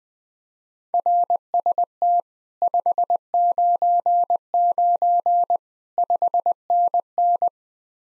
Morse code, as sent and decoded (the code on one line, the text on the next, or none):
.-. ... - / ..... ----. ----. / ..... -. -.
RST 599 5NN